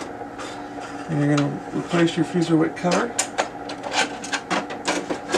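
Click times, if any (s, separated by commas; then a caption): none. A plastic fuser wick cover is being handled as it goes back over a newly installed fuser wick in a Lexmark T654 laser printer fuser while someone talks, with a few light handling noises. Nothing has seated or clicked yet; the cover is not yet home.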